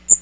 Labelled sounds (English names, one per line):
Magnolia Warbler flight call